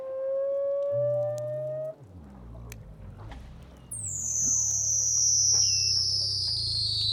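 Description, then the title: Weddell seal underwater calls: steady low tones, then a long high whistle slowly falling, with a low pulsing drone beneath. "Douglas Quin - Weddell Seals (Underwater)"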